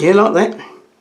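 A front lens cell is handled against the metal lens mount of a German Contina-matic film camera while someone talks. Nothing has seated or clicked yet; the clip ends just before the cell goes home.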